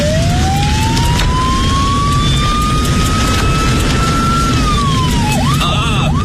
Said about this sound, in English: Oh, no. Look at this traffic jam, even at this time of night. It's time to use the siren, I think.